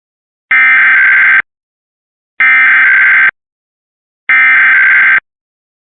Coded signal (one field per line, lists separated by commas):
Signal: Emergency Alert System (SAME) tones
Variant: header bursts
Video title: Pennsylvania, Indiana and Kentucky Monthly Tests (EAS #352-364) 4/17-18/24